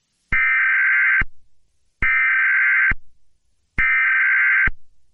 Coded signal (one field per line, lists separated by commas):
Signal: Emergency Alert System (SAME) tones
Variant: header bursts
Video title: RobotBoy: EAS Scenario (Retake) Part 1